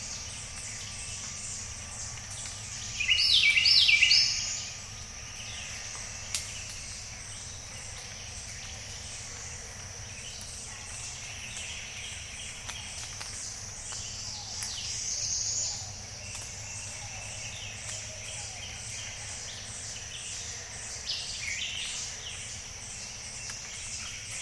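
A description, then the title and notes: Morning at Jessamine Bayou: a steady low rumble and faint insect buzz under scattered bird calls, with one loud chirping burst near four seconds. Morning at Jessamine Bayou. Jessamine Bayou is a seasonally flooded forest in the heart of America's Amazon, the Mobile-Tensaw River Delta. These recordings are taken from overnight "drop rigs" left at the edge of a tributary surrounded cypress swamp and adjacent to a field of saw palmetto. Recorded June 16-17 2021 in the Mobile-Tensaw Delta of Alabama by David Michael and Michael Clemow.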